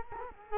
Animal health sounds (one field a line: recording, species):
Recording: mosquito wingbeat signal from an infrared sensor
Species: Culex quinquefasciatus